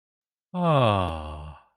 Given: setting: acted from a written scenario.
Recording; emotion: vocal sound without words; ecstasy